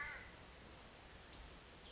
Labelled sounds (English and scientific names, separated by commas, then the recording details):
Western Flycatcher (Empidonax difficilis)
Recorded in Sonoma County, California